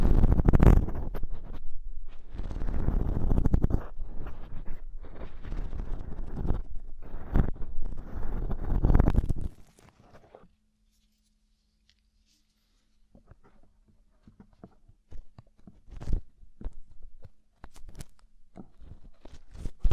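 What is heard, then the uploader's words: Deep ear cleaning with dense, crackly scraping and rubbing that fills the first nine seconds, thick and low with rustling bursts. It stops abruptly near ten seconds, leaving near silence with a faint hum, then sparse clicks and crinkles return irregularly toward the end. ASMR INTENSE Deep Ear Cleaning (No Talking).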